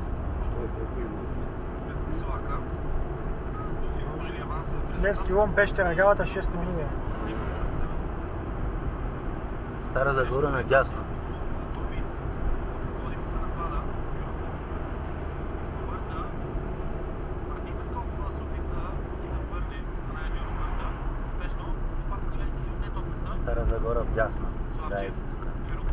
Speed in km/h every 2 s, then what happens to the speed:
44, 44, 45, 45, 47, 47, 47, 46, 43, 41, 42, 44, 43.
0-12 steady at about 45. 12-18 slows to 41. 18-26 steady at about 42.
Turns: none.